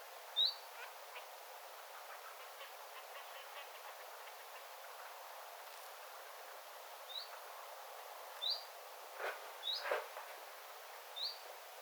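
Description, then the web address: Common chiffchaff giving several rising whistled calls, spaced irregularly, with a few brief knocking noises. Calls recorded beside a bird tower on 9 September 2025. "9 9 2025 tiltaltin aantelya lintutornin vierella"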